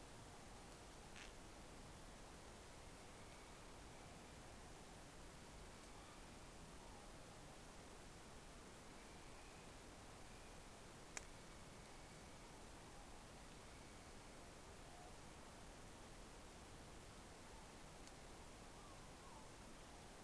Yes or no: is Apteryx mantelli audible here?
no